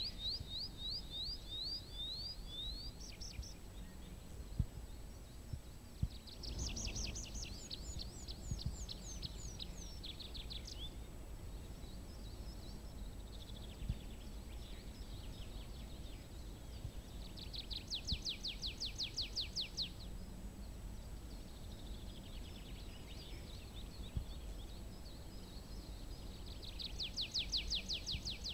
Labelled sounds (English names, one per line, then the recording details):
Tree Pipit
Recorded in the wild
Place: Gerlitzen, Kärnten, AT
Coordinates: 46.693, 13.917
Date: 1971-05-12
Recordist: Brunner, Thomas